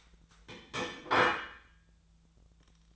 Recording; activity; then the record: daily activity, microphone in the room; place plate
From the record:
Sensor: 3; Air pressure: 1009.4 hPa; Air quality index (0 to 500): 197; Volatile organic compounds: 16 ppm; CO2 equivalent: 2557 ppm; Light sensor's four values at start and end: 33/82/35/37 and 33/82/35/37